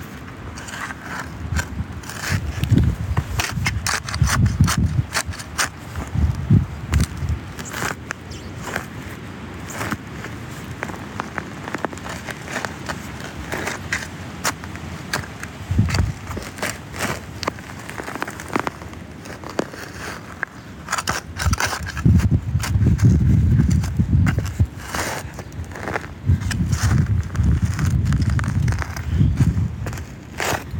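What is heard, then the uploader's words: Shoveling in garden soil, with a dense run of sharp scrapes and gritty crunches throughout. Heavier, low, thudding bursts come in clusters around 3–7 seconds, near 16 seconds and again from about 22 to 29 seconds. Produced by JC Giraldo.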